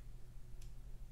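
A non-screw-down crown on a Breitling Navitimer B01 Chronograph 41 steel wristwatch is pulled out one position to the date-setting position. A single short, bright click sounds at 0.6 s as the crown drops into the case's setting-position detent, over a low steady background hum. The crown is released into the date-setting position with a solid click.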